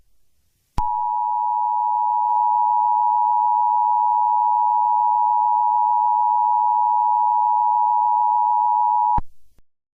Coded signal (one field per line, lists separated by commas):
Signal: Emergency Alert System (SAME) tones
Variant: 853 and 960 Hz attention tone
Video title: EAS Scenario #2 - A DESTRUCTIVE TORNADO!